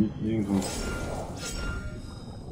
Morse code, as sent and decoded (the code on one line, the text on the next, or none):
none